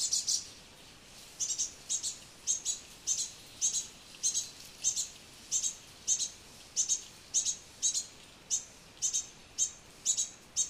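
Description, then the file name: Great tit calls: single or paired high notes repeated throughout. "Parus major"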